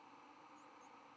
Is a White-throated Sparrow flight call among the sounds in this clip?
no